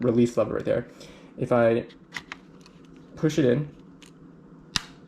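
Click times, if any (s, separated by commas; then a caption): 4.8 s. Someone talks while an airsoft gas blowback magazine is pushed up into the magwell of an Angry Gun M4 lower receiver for a Marui M4 MWS GBBR, with a few faint ticks around 2.2–2.3 s. A sharp click at 4.8 s marks the release catch engaging, and the magazine is seated and secure.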